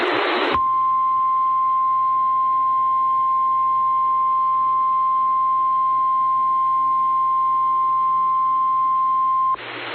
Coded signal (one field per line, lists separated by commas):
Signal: Emergency Alert System (SAME) tones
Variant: 1050 Hz attention tone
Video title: EAS- HNX Severe Thunderstorm Warning (SVR) on KNZR-FM 97.7 (May 21, 2023)